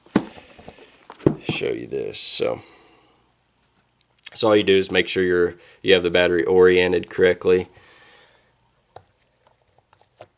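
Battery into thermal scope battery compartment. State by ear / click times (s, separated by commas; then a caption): not seated / none. Someone talks while lining up a rechargeable battery at the battery compartment of an AGM Rattler V2 thermal scope, where a small red tab in the corner locks it in. Light handling knocks sound around 0.2, 1.3, 9.0 and 10.2 seconds. The battery has not yet been pushed home or clicked into place.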